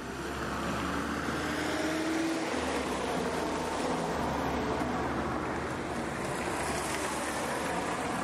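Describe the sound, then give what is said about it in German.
A bus drives along with a steady low engine drone and a constant wash of road and wind noise, unbroken for the whole stretch, with no voices. “Vom Krasnojarsker Bahnhof fahren wir mit dem Bus nach Zelenogorsk.”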